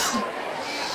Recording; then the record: coughing mixed with background sound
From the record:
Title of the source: November cold (wet coughing)